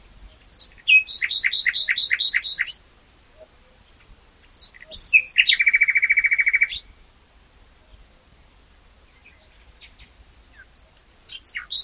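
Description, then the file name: Common nightingale song: a rapid series of repeated chirping notes, then a long buzzy rattling trill, pauses between phrases, and sharp notes returning at the end. "Luscinia megarhynchos"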